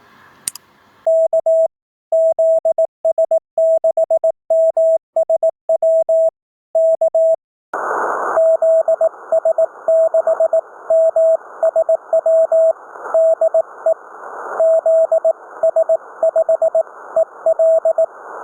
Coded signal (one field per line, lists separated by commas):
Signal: Morse code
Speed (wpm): 18 wpm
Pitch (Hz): 650 Hz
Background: radio noise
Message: K ZS6MSW K ZS6MSW DE ZS5EL